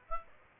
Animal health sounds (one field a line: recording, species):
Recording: mosquito wingbeat signal from an infrared sensor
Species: Aedes aegypti